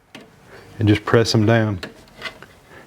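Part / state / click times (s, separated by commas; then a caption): retaining clip onto the picker assembly of an embroidery machine / seated / 2.4 s. A small metal retaining clip is pressed down with a screwdriver onto the picker assembly of a Brother PR Series embroidery machine while someone talks. After a faint tap near the start and the speech, a single sharp snap at 2.4 s marks the clip seating in place.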